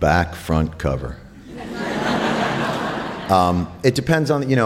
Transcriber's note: soundbite of laughter